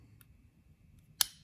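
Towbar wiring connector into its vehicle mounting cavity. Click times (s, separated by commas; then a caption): 1.2 s. A plastic towbar wiring connector with a small locating tab and a rubber seal is slid into its mounting cavity during a Hayman Reese 3500 kg towbar install on a Range Rover Sport L494. A faint tick at 0.2 s is followed by one sharp, bright click at 1.2 s as the connector snaps home and seats in its slot.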